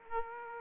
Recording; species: mosquito wingbeat signal from an infrared sensor; Aedes aegypti